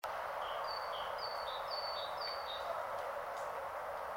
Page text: Fiona Dunn's Podcast. Great Tit in the Rain on 8 Jan 2022. It was wonderful to hear this herald of Spring outside my window on a grey, rainy Saturday